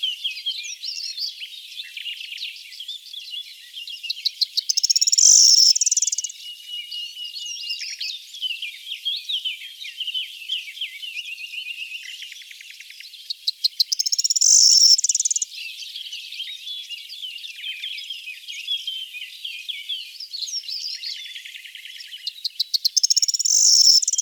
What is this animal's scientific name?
Emberiza calandra